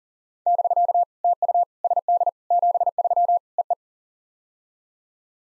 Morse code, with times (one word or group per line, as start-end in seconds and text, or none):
0.5-1.0 <BK>
1.2-1.6 TU
1.8-2.3 SD
2.5-3.4 73
3.6-3.7 EE